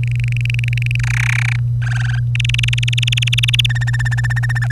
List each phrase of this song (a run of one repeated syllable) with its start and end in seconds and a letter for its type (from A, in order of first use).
0.03-0.96 A, 0.99-1.56 B, 1.82-2.19 C, 2.35-3.66 D, 3.69-4.58 E, 4.62-4.67 F, 4.70-4.71 G